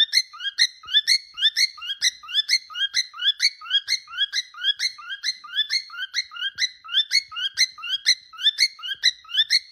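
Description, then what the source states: Cockatiel whistling a fast, steady run of rising chirped notes, about two per second, continuing without pause throughout. More than one cockatiel, whistling song.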